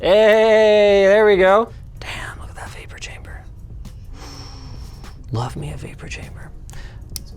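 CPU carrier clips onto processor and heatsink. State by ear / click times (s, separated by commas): seated / 7.2 s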